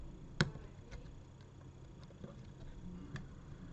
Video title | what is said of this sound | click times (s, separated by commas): Nikon 1 V3 partial teardown and IR Conversion | And then push it down and lock it into place. | 0.4 s